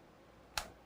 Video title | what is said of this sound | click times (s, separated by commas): Disassembling the OneGX1 Pro Mini Laptop from One Netbook: Purchased with No Gaming Intentions | Yep, that seemed to lock into place. | 0.6 s